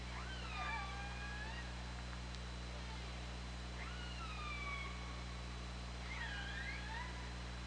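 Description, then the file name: Orca calls in three bouts, long gliding tones that rise and hold with stacked harmonics, some overlapping, over steady low hum. Captured by an OrcaLab hydrophone on 24 August 2017 at 20:25. "Orca Lab UTLN JASON 20170824 202535"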